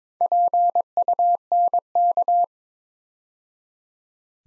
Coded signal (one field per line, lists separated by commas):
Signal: Morse code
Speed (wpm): 22 wpm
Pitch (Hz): 700 Hz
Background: none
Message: PUNK